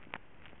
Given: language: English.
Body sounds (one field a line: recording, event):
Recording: throat vibration sensor signal played as sound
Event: swallow